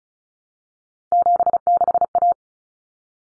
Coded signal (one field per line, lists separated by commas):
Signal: Morse code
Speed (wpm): 34 wpm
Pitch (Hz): 700 Hz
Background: none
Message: 76A